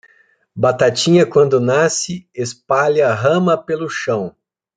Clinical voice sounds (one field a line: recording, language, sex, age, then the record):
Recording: short text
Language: Brazilian Portuguese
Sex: male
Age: 40 to 49 years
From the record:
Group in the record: control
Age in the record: 44 years